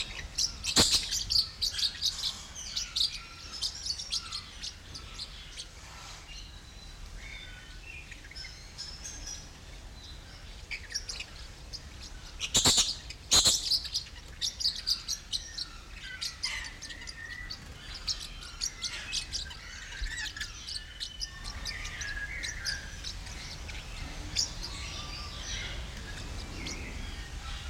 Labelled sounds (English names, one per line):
Mexican Parrotlet